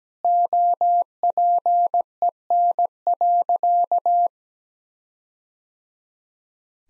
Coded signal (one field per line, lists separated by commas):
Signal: Morse code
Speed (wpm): 17 wpm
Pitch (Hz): 700 Hz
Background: none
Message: OPEN.